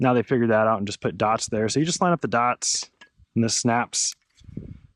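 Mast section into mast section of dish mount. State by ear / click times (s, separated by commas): not seated / none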